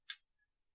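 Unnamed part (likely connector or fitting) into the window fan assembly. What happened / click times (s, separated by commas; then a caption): The part snapped into place / 0.1 s. An unnamed part is pushed carefully into place during the build of a window fan assembly. A single sharp, bright click sounds at 0.1 s, followed by a faint, brief tick around 0.4 s and then silence. The part is seated and feels firmly clicked in place.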